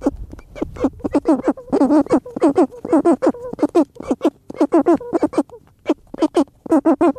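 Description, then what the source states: Cory's shearwater mating calls, dense, raucous, nasal cackling notes in quick succession, with a brief low rumble at the start. Vocalizations during mating, in the breeding season.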